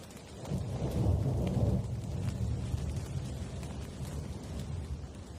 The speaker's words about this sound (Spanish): A lo lejos volvió a relampaguear un rayo iluminando la parcela. Mientras, el sonido de la lluvia aumentaba.